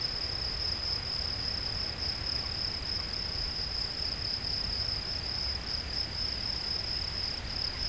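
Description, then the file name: Field cricket song: high, regular pulsed chirping sustained at one pitch without pause, over quiet low background noise. "Gryllus campestris"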